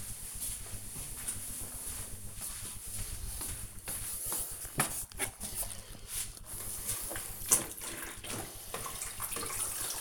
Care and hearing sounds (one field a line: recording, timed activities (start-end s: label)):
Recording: household activities, microphone on the right wrist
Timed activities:
5.82-10.01 s: floor cleaning